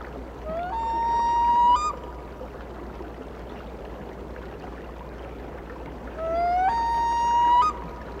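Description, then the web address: Loon wails, twice: each cry rises slowly into a long sustained tone that jumps briefly higher before stopping, with a quiet low hum between them. "A Természet hangjai - Madárdal Sounds of Nature - Cry of the Loon"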